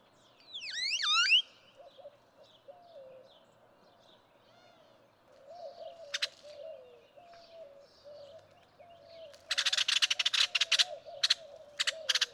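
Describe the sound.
Great-tailed grackle song opening with a sharp swooping whistle, then scattered soft notes and a loud stretch of harsh, crackling rattles near the end.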